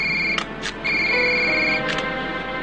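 An electronic phone tone rings out in steady high-pitched bursts, a bright warbling pattern with short clicks between the rings, sounding alone with no talk.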